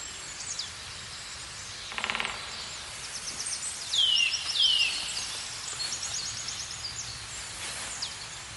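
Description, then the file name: Eurasian nuthatch calls, two clear descending whistled notes in quick succession amid a busy chorus of high chirping birds and a brief buzzy burst. "Sitta europaea"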